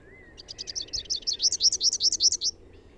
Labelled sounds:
Rufous-capped Warbler song
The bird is a male
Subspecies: rufifrons
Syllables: 22
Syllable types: 5
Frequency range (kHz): 2.6-7.2 kHz
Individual YA-RNS-M

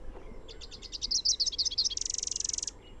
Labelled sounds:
Rufous-capped Warbler song
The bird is a male
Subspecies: rufifrons
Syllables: 31
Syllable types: 5
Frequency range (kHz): 2.5-7.9 kHz
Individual YA-RNS-M

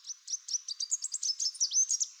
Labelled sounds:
Chestnut-capped Warbler song
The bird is a male
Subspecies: delattrii
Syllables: 15
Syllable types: 10
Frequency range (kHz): 3.2-9.5 kHz
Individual CR-NSRG-M

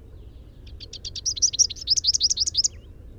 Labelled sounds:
Rufous-capped Warbler song
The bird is a male
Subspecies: rufifrons
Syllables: 22
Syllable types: 5
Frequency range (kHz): 2.5-7.0 kHz
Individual SP-R16-M

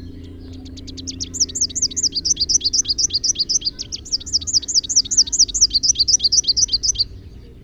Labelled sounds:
Rufous-capped Warbler song
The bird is a male
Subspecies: rufifrons
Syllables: 56
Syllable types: 6
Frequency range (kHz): 2.1-7.5 kHz
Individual MO-SOG-M

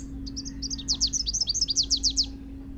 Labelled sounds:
Rufous-capped Warbler song
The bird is a male
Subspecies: rufifrons
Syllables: 18
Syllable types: 8
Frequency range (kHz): 3.2-6.8 kHz
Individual MO-R10-M

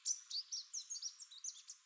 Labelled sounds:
Chestnut-capped Warbler song
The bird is a female
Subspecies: delattrii
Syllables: 11
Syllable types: 10
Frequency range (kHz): 3.2-8.3 kHz
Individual CR-SRB-F

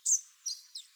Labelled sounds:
Chestnut-capped Warbler song
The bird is a female
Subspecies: delattrii
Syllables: 3
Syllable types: 3
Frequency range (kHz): 3.5-7.8 kHz
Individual CR-SOBW-F

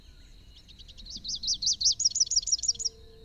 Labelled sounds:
Rufous-capped Warbler song
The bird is a male
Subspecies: rufifrons
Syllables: 27
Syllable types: 5
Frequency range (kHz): 2.8-7.2 kHz
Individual YA-YRS-M

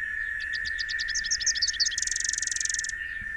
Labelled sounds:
Rufous-capped Warbler song
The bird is a male
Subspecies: rufifrons
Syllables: 38
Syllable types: 6
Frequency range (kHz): 2.9-8.8 kHz
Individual YA-SWG-M

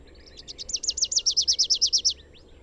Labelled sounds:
Rufous-capped Warbler song
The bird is a male
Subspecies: rufifrons
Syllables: 15
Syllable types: 3
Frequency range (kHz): 2.8-7.2 kHz
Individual YA-RNS-M

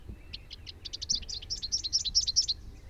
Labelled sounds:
Rufous-capped Warbler song
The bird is a male
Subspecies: rufifrons
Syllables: 22
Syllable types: 8
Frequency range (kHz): 2.4-6.5 kHz
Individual YA-R09-M

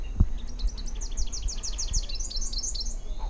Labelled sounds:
Rufous-capped Warbler song
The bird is a male
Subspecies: rufifrons
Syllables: 29
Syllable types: 6
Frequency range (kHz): 2.2-7.8 kHz
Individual AR-NBS-M

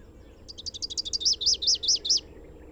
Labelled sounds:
Rufous-capped Warbler song
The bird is a male
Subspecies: rufifrons
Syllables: 14
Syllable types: 3
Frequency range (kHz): 2.9-6.6 kHz
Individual YA-RNS-M

